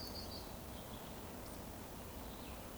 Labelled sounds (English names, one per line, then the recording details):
Eurasian Woodcock whistle
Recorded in Baden-Württemberg, Germany, on 23 June 2020 at 19:40 UTC
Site 14569, 102 m above sea level